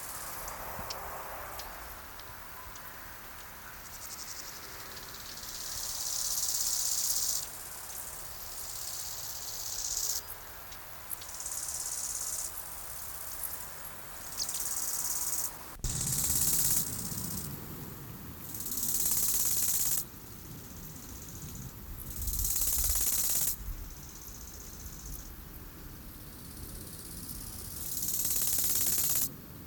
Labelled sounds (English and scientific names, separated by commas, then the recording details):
Bow-winged Grasshopper (Chorthippus biguttulus) stridulation
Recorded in the wild
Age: imago
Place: Treuchtlingen, Naturpark Altmühltal, Bayern, DE
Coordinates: 48.96, 10.91
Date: 1993-09-07 11:48
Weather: 20°C, wolkig
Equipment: Marantz CP 430, Sennheiser MKH 416 T, Kopie Uher Variocord 263
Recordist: Tembrock, Günter